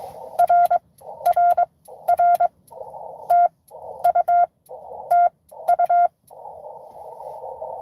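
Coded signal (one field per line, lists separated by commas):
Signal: Morse code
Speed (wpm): 20 wpm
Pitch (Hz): 700 Hz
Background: none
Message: RRR TU TU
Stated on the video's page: Live Parks on the Air CW activation for a 12 days of Christmas event.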